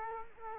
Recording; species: mosquito wingbeat signal from an infrared sensor; Culex quinquefasciatus